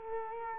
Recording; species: mosquito wingbeat signal from an infrared sensor; Culex quinquefasciatus